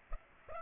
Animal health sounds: mosquito wingbeat signal from an infrared sensor; Culex pipiens

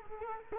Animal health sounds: mosquito wingbeat signal from an infrared sensor; Culex quinquefasciatus

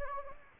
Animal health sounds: mosquito wingbeat signal from an infrared sensor; Anopheles gambiae

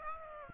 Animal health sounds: mosquito wingbeat signal from an infrared sensor; Aedes aegypti

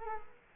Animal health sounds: mosquito wingbeat signal from an infrared sensor; Culex quinquefasciatus

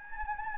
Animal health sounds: mosquito wingbeat signal from an infrared sensor; Anopheles gambiae

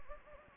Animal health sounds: mosquito wingbeat signal from an infrared sensor; Anopheles gambiae

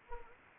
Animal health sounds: mosquito wingbeat signal from an infrared sensor; Anopheles gambiae

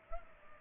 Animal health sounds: mosquito wingbeat signal from an infrared sensor; Culex pipiens

